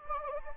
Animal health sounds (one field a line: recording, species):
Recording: mosquito wingbeat signal from an infrared sensor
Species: Anopheles gambiae